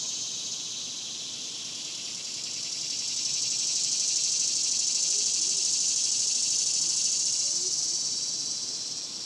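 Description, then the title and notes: Cicadas producing a steady, hissing high buzz that builds in loudness and holds, with a fine rapid pulse underneath. Several cicadas singing outdoors in a cemetery during the daytime in summer. "Ext, Daytime Cicadas, Cemetery, Summer by Bandeto"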